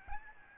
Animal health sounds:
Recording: mosquito wingbeat signal from an infrared sensor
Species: Aedes albopictus

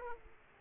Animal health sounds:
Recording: mosquito wingbeat signal from an infrared sensor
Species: Aedes aegypti

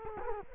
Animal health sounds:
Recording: mosquito wingbeat signal from an infrared sensor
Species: Culex quinquefasciatus

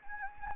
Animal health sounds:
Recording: mosquito wingbeat signal from an infrared sensor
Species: Anopheles gambiae

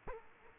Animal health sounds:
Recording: mosquito wingbeat signal from an infrared sensor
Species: Culex quinquefasciatus

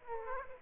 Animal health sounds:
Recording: mosquito wingbeat signal from an infrared sensor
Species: Aedes aegypti

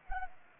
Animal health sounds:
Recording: mosquito wingbeat signal from an infrared sensor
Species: Anopheles arabiensis

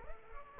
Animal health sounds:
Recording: mosquito wingbeat signal from an infrared sensor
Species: Aedes aegypti

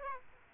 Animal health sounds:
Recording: mosquito wingbeat signal from an infrared sensor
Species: Aedes aegypti

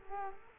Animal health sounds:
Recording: mosquito wingbeat signal from an infrared sensor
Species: Culex quinquefasciatus

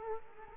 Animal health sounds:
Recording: mosquito wingbeat signal from an infrared sensor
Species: Culex quinquefasciatus

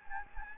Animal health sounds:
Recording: mosquito wingbeat signal from an infrared sensor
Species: Anopheles gambiae

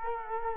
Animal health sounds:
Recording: mosquito wingbeat signal from an infrared sensor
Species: Culex quinquefasciatus

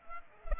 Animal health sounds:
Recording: mosquito wingbeat signal from an infrared sensor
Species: Culex pipiens

